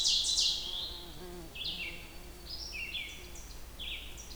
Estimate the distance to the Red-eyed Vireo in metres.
about 30 m